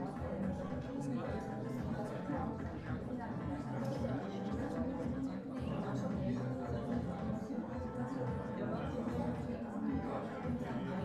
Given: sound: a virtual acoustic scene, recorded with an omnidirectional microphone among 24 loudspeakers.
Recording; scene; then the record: noise of the scene; pub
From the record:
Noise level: 74 dB SPL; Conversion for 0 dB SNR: 1.6 dB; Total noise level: 75.6 dB SPL